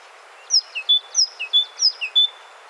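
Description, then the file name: Great tit song: high, clear three-note phrases starting with a sharp upper note, repeated three times in quick succession over a faint steady hiss. "Parus major"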